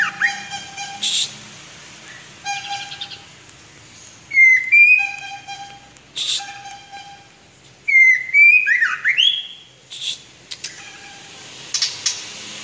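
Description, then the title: White-rumped shama song: loud clear whistled phrases and rich slurred notes in bursts, mixed with buzzy harsh notes and a repeated lower tone between phrases. "murai batu"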